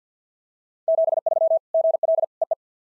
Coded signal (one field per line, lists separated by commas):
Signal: Morse code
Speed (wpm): 48 wpm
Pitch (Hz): 660 Hz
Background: none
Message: 73 GL EE